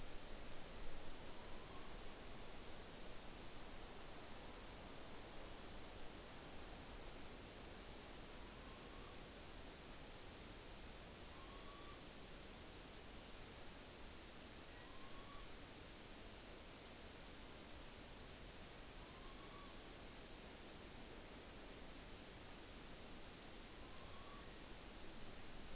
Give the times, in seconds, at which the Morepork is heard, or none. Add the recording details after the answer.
1.06-2.07, 8.27-9.33, 11.15-12.06, 14.64-15.61, 18.89-19.84, 23.70-24.50. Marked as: faintness 4/5, faintness 5/5. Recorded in New Zealand on 9 October 2013. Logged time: 17:00. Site Ponui